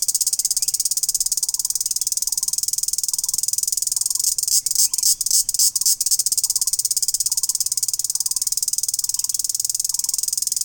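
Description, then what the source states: Bush-cricket call, a continuous very high shrill trill, with a lower short chirp repeated steadily beneath it. Recorded in Laos.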